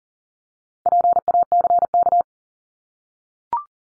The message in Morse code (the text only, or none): PACK